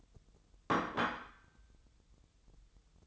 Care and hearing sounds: daily activity, microphone in the room; place plate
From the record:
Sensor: 3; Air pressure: 988.6 hPa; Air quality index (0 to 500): 199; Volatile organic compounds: 346 ppm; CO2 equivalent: 4575 ppm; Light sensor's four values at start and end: 22/71/30/25 and 22/71/30/25

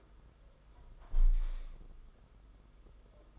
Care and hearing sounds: daily activity, microphone in the room; close window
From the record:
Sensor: 5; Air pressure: 991.4 hPa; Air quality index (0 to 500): 102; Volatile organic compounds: 18 ppm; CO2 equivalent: 2637 ppm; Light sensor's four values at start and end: 38/124/47/50 and 38/124/47/50

